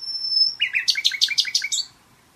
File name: Luscinia megarhynchos